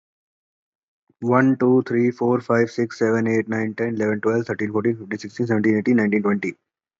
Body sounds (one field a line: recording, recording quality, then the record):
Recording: counting at a normal pace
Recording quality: excellent, no background noise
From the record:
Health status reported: COVID-19 positive, mild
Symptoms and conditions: cough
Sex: male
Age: 24 years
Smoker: not ticked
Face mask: worn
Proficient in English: yes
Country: India